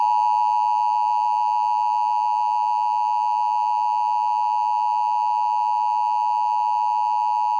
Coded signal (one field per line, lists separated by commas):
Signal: Emergency Alert System (SAME) tones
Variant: 853 and 960 Hz attention tone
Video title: EAS Mock 19: Severe T-Storm Warning interrupts 97.3 FM